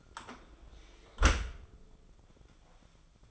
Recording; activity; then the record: daily activity, microphone in the room; close dishwasher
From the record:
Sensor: 5